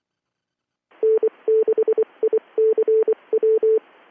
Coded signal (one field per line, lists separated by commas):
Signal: Morse code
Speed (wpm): 24 wpm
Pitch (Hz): 440 Hz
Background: none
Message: N6ICW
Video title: Let's Listen to 2m traffic! 05th of February 2026